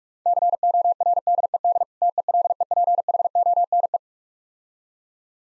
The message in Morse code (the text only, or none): CORDED TELEPHONE